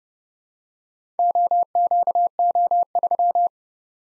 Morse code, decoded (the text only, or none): OQO3